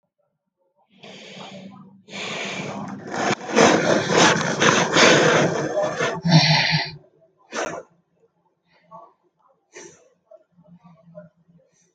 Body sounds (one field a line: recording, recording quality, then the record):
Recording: shallow breathing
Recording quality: excellent, no background noise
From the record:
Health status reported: healthy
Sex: male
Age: 41 years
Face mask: not worn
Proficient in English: yes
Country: India